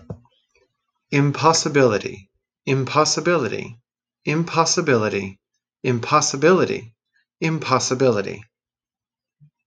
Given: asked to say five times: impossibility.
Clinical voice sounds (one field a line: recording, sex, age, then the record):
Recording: repeated word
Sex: male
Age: 30 to 39 years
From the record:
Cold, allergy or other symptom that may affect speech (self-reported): no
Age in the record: 38 years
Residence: Missouri, United States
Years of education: 20